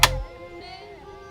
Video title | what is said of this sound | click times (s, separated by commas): Trail Hub Install RAM Mount for Silverado 2019 - 2021 | and push the bottom part in until it clicks. | 0.0 s